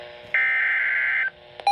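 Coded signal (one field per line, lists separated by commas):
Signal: Emergency Alert System (SAME) tones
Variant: header bursts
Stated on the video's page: Special marine warning from the National Weather Service.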